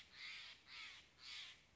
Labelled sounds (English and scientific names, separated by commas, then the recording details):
Steller's Jay (Cyanocitta stelleri)
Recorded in Sonoma County, California